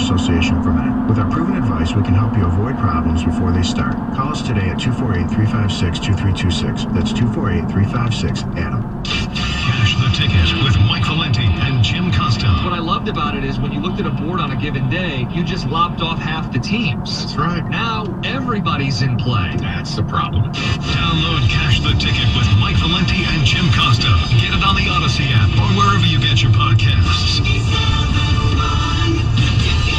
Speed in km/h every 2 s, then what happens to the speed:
85, 84, 76, 64, 61, 63, 66, 64, 63, 61, 61, 61, 58, 53, 50.
0-7 slows to 61. 7-24 steady at about 61. 24-30 slows to 50.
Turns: none.